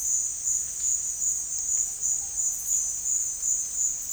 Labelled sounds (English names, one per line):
none